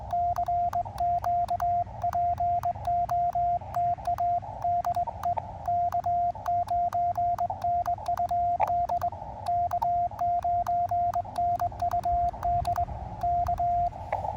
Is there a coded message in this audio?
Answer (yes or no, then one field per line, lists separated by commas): yes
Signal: Morse code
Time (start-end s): 0.1-13.9 s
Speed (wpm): 21 wpm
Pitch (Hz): 700 Hz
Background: radio noise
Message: CQ POTA DE K9NUD K9NUD K